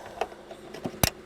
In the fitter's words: Pop that in, you hear the click click.